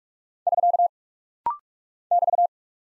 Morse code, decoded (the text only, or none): <SK> <BT>